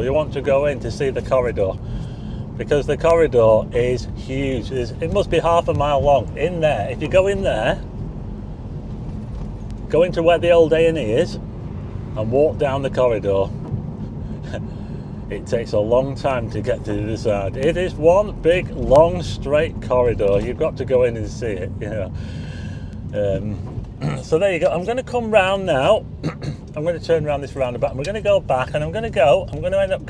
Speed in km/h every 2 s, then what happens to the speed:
42, 42, 40, 40, 40, 40, 44, 44, 42, 40, 37, 31, 26, 23, 19.
0-15 steady at about 40. 15-30 slows to 19.